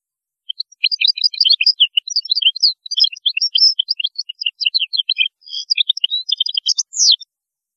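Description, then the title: European goldfinch song, a continuous run of rapid, jingling, twittering notes for nearly seven seconds, ending in a slurred note. "Chant Chardonneret"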